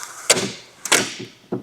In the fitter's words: And you'll hear 2 clicks just like that, and you know that it's lifted up all the way.